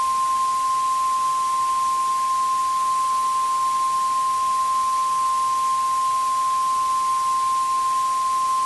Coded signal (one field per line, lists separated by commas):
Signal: Emergency Alert System (SAME) tones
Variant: 1050 Hz attention tone